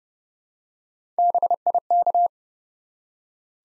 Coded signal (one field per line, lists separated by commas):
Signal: Morse code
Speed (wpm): 29 wpm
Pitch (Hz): 700 Hz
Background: none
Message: BIK